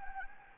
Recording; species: mosquito wingbeat signal from an infrared sensor; Anopheles gambiae